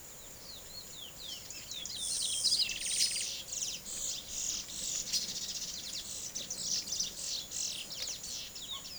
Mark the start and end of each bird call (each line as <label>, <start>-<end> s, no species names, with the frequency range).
bird call (0.8-11.4 kHz), 0.00-8.98 s